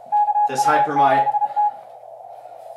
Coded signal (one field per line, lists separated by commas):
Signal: Morse code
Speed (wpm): 32 wpm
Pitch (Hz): 830 Hz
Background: speech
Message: KU7T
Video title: LOW COST CW FILTER OPTION FOR OLDER RADIOs